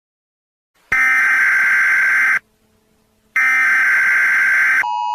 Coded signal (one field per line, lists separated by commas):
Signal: Emergency Alert System (SAME) tones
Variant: header bursts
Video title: Debunking Every American States EAS Alarms (Pt. 2)